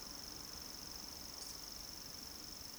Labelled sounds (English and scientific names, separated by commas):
Eurasian Woodcock (Scolopax rusticola) whistle